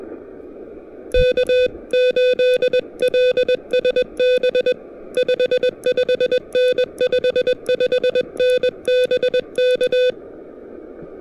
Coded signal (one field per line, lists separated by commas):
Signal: Morse code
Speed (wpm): 20 wpm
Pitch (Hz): 500 Hz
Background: music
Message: K8LSB 55N 55N BK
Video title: POTA at Mount Pisgah: Punching through patchy propagation and dodging dodgy weather!